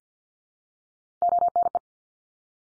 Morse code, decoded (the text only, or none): ONE